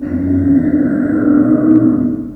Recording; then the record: squeal of a Yucatan mini pig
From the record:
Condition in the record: after surgery on the right vocal fold (resection and tissue-engineered implant); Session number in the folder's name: 4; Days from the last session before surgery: 26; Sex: female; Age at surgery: 19 weeks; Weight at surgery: 25 kg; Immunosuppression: prednisolone